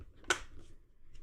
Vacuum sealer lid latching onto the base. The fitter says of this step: And then just close it down until it clicks.